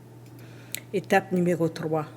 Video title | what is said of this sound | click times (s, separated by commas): 26009 26010 Terrace Garden Bed French | jusqu'au moment qu'elle soit de niveau et que vous entendez un déclic | 0.8 s